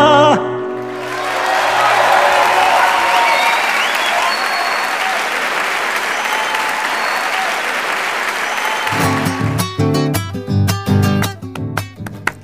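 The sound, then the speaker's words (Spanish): Dense, steady hand clapping from many people fills about eight seconds with a loud, even crackle, fading slightly before music with a strong beat takes over. “Estamos haciendo palmas en nuestra carrera.”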